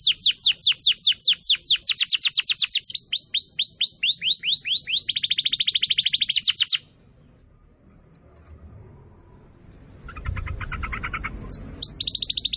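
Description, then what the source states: Canary song: rapid trills of sweeping, descending notes in changing tours for about seven seconds, a silent pause, then a brief rolling trill returns near the end. Canary song recording used as a lure for birds.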